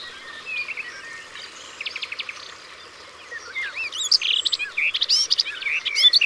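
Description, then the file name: Garden warbler song, starting quietly with soft scattered notes, then bursting into a louder, rapid, rich warble for the last few seconds. Recorded by the water. "Fauvette des jardins Au bord de leau"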